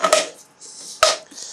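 A 3D-printed plastic 11 mm T-slot channel cover, meant to keep chips out of a CNC mill or router, is pressed one-handed into the slot of an aluminium extrusion rail. Two short clicks sound near the start, then a sharp, loud snap comes at 1.0 s as the cover seats firmly into the rail.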